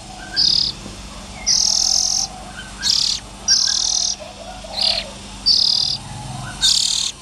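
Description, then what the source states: Oriental magpie-robin producing a string of hoarse, hissy bursts of varying length against a low background hum. Young birds.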